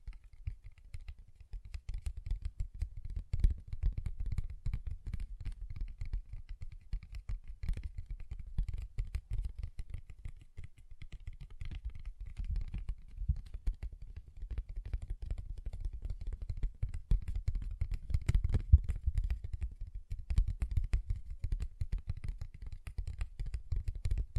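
Tapping and scratching on a paper bag, made of dense, rapid clicks and scrapes that continue without a break for the whole 24 seconds. The sound is mostly low and dry, with faint crisp ticks above it. Slightly louder bursts come around 18 seconds.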